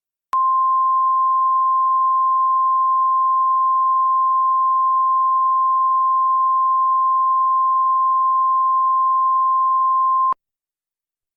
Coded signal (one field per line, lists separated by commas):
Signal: Emergency Alert System (SAME) tones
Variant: 1050 Hz attention tone